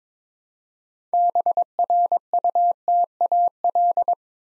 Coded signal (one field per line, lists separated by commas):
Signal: Morse code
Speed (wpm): 23 wpm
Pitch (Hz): 700 Hz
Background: none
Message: BRUTAL